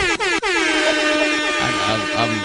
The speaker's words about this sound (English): I'm not exactly sure what makes it more urban, but I mean, did you make the siren louder? No, it's a black guy doing it. Oh, that's a black guy?